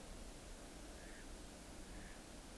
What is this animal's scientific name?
Anas platyrhynchos